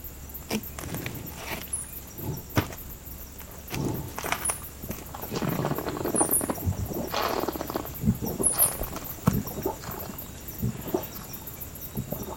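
An animal sucks up water from a pond in irregular slurping, gurgling bursts, some louder than others, over a steady high chirring of insects. No one speaks.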